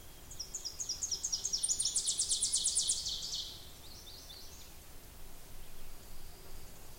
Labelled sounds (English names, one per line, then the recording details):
Ovenbird song
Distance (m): 40 m
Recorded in boreal forest in Alberta, Canada, on 26 May 2016 at 08:56
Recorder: SongMeter 3, array SBT-3-15
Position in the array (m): 56 m, 216 m
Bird 20